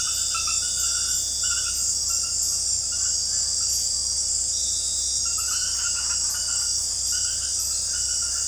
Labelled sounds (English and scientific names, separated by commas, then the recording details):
none
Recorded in dense forest near Puerto Asís, Putumayo, Colombia, on 19 February 2024 at 23:30
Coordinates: 0.487, -76.319
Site G6403